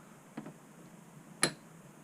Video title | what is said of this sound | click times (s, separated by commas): Campervan & Motorhome Security Lock Install - Milenco Door Lock | hear it click into place and that's it locked | 1.4 s